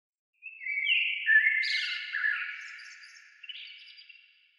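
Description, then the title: Bird song: one long tumbling phrase of bright whistled and warbled notes, strongest early and gradually fading with a few soft notes at the end. "Oiseaux"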